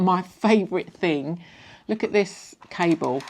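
Someone talks while handling the built-in retractable USB-C cable of an AFERIY Nano100 portable power station, which is meant to go back into its storage slot on the unit. Soft handling noise sits between the words, and nothing has seated or clicked yet.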